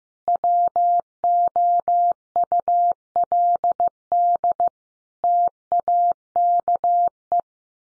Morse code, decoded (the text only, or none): WOULD TAKE